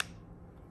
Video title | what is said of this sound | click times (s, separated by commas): Raecho Cervical Cold Coagulator / Assembly&Use | again you'll hear a snap now this can be plugged directly into the wall in order to power your device | 0.0 s